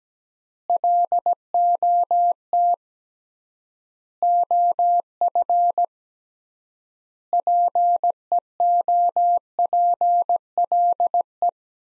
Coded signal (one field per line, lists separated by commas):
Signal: Morse code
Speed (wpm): 17 wpm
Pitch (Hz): 700 Hz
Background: none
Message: LOT OF PEOPLE